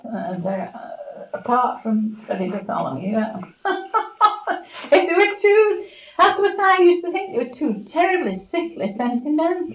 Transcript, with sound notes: And eh, apart from Freddie Bartholomew. [laughs] They were too, that's what I used to think, they were too terribly sickly sentimental.